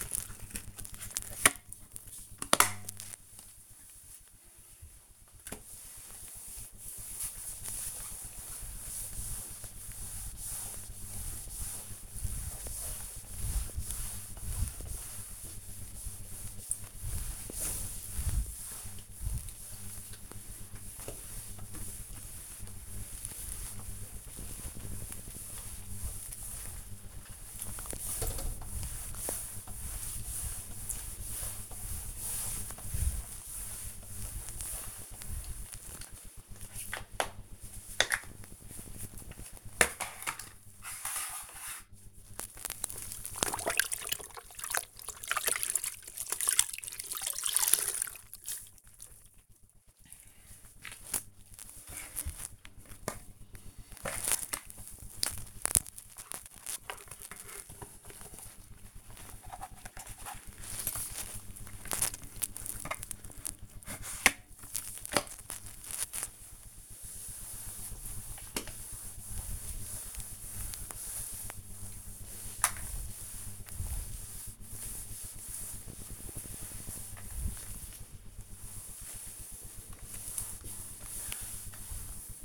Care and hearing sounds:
household activities, microphone on the right wrist
0.00-82.45 s: floor cleaning

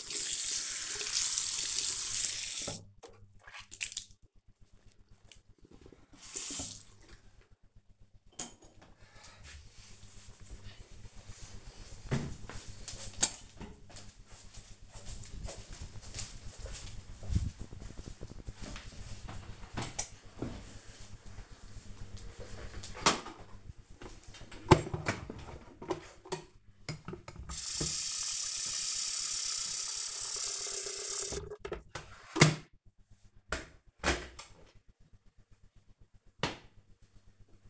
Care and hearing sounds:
household activities, microphone on the right wrist
0.00-6.28 s: brushing teeth
22.37-37.70 s: making tea

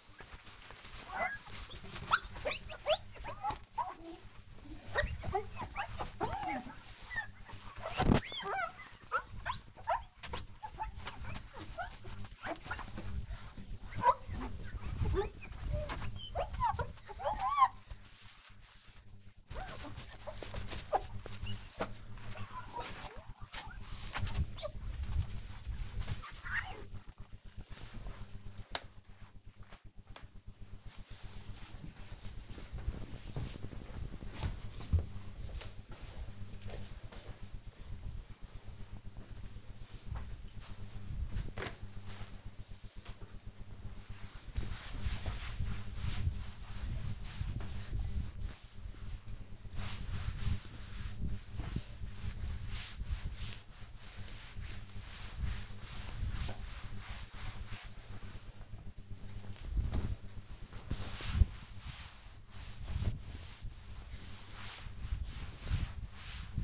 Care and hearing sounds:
household activities, microphone on the right wrist
0.00-28.86 s: window cleaning
42.91-66.64 s: cleaning table

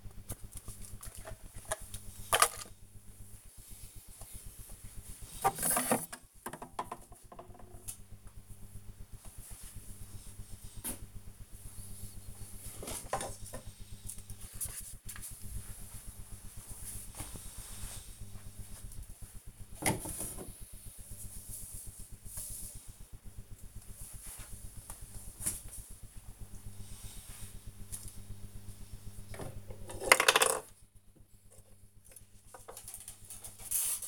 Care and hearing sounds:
household activities, microphone on the right wrist
0.00-34.08 s: tidy up the cupboard

